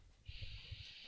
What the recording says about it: I tried to do the appropriate thing where you cover your your nose and mouth with your elbow. It was a big sneeze. That was the sneeze. It came out of nowhere.